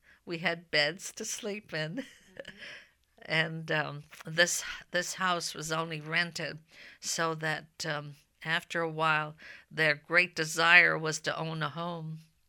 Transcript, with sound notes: We had beds to sleep in. ( she laughs ) This house was only rented, so that after a while their great desire was to own a home.